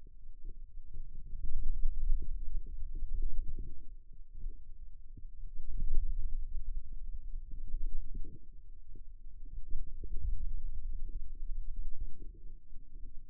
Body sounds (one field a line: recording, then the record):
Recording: forearm muscle sounds (acoustic myography)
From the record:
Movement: pen grasping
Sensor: system 2, bracelet of six BSWA MPA416 microphones around the upper forearm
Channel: 5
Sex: male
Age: 22 years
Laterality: right